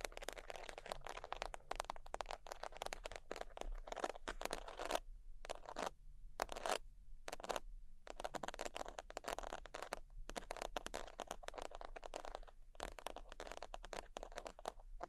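Sheets being scratched and tapped in dense, rapid crackling bursts, with brief pauses near six and eight seconds, over a faint low hum.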